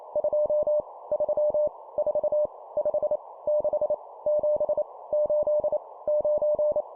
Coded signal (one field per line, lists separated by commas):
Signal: Morse code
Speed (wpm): 28 wpm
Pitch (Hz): 600 Hz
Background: none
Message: 2 3 4 5 6 7 8 9